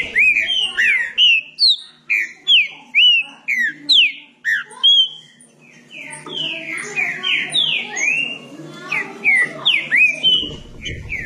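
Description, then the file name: Green-winged saltator song, a fast series of bright whistled notes that swoop down and up, steady at first, then denser and softer toward the end. "canto do trinca ferro"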